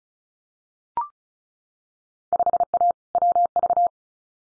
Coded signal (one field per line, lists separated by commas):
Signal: Morse code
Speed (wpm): 36 wpm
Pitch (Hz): 700 Hz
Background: none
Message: 5A WV